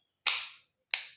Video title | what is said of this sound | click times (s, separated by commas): Cara pasang GoPro di helem half face | klik, dia udah ngunci. | 0.9 s